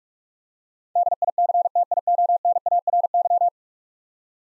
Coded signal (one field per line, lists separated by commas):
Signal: Morse code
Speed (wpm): 44 wpm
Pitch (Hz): 700 Hz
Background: none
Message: DICTIONARY